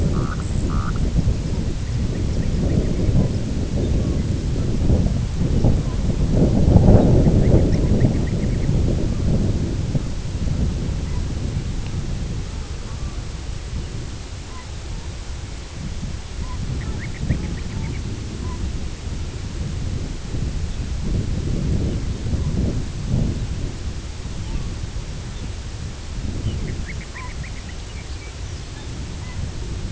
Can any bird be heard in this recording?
yes